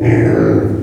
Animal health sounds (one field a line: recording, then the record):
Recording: squeal of a Yucatan mini pig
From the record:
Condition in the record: before surgery on the right vocal fold (resection and tissue-engineered implant)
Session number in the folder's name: 3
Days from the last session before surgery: 0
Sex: female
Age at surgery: 19 weeks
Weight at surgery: 25 kg